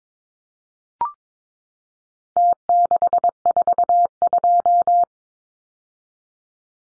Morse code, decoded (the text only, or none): T642